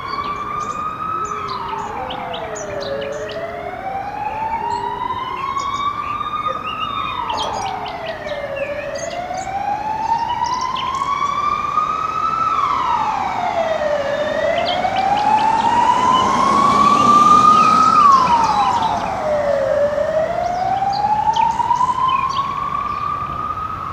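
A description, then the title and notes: A city street in the evening, dominated by an emergency siren wailing slowly up and down, each rise and fall taking about five seconds. It grows louder toward the seventeenth second, then eases off over a low traffic rumble. Bucharest evening sounds. A short recording made on an April evening. Bucharest, Romania.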